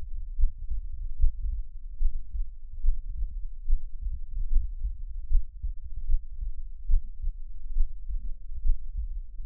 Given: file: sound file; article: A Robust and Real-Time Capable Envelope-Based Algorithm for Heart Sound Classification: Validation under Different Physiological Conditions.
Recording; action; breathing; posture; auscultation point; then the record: heart sounds by electronic stethoscope; rest; normal; lying on left side; Erb’s point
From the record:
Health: healthy, no known heart disease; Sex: male